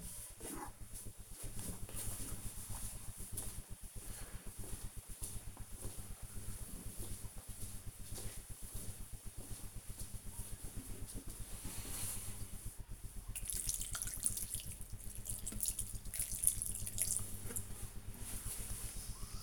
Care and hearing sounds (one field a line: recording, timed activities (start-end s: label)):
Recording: household activities, microphone on the right wrist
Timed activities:
0.00-19.43 s: watering plant